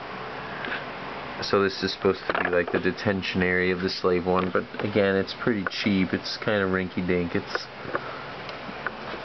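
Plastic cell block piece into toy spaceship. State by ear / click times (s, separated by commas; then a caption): seated / 8.0 s, 8.9 s. A plastic detention cell block piece is fitted into a toy spaceship while someone talks over a steady background hum. Two sharp clicks at 8.0 s and 8.9 s mark the piece locking into place, where it stays without coming down.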